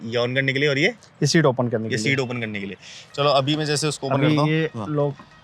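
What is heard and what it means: A person handles the seat of a Hero Vida electric scooter over its seat lock latch while someone talks throughout, with faint background noise. No thunk or click is heard; the seat has not yet seated or locked into its latch by the end of the clip.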